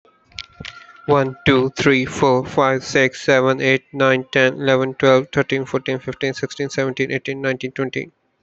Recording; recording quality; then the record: counting at a fast pace; moderate, slight background noise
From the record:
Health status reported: healthy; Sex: male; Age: 25 years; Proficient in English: yes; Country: India